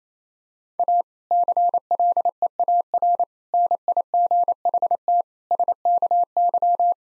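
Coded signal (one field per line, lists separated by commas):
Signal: Morse code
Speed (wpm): 28 wpm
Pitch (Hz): 700 Hz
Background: none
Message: A CLEAR NIGHT SKY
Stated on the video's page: 28 wpm Morse practice of difficult sentences, each given a contextual hint beforehand.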